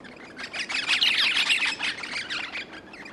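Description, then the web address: Rosellas squabbling, a tumble of harsh, scratchy chattering notes crowded together, rising to a busy peak before thinning out. "Sound Effects-Foundation 1 BIRDS ROSELLAS SQUABBLING"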